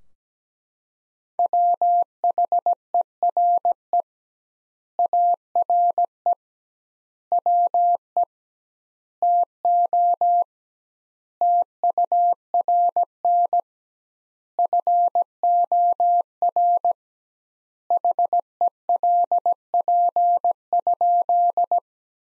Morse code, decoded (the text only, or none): WHERE ARE WE TO TURN FOR HELP?